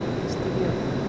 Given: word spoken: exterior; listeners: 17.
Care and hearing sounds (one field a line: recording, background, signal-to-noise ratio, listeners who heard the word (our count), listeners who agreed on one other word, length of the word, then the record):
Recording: one Spanish word in noise, from a listening test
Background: speech-shaped noise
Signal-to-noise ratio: -6.5 dB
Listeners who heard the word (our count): 1 of 17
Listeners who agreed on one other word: 6 of 17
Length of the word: 0.69 s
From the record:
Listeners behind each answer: 6, 6, 1, 1, 1, 1, 1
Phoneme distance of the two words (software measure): 34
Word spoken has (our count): 3 syllables, 9 phonemes, stress on syllable 3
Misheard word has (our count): 3 syllables, 7 phonemes, stress on syllable 2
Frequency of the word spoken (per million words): 104.79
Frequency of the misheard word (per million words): 187.73